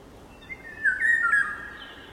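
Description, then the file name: Eurasian golden oriole singing one short fluty, whistled phrase that slides and warbles, with faint background hiss. "Sykofagos"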